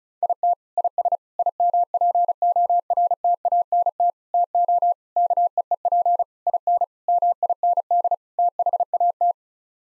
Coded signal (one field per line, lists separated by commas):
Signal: Morse code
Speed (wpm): 34 wpm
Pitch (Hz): 700 Hz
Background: none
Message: IT IS IMPORTANT TO KEEP IN MIND THAT